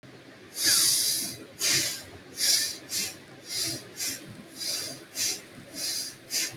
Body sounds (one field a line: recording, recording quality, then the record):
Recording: shallow breathing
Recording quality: excellent, no background noise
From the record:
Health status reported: healthy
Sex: female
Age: 22 years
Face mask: not worn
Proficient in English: yes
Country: India